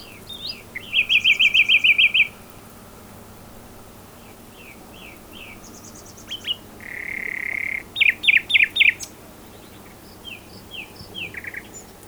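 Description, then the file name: Common nightingale song: a fast repeated trill, faint high chatter, a sustained buzzy note, then a burst of loud sharp notes and softer calls. "Luscinia megarhynchos"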